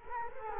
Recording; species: mosquito wingbeat signal from an infrared sensor; Culex quinquefasciatus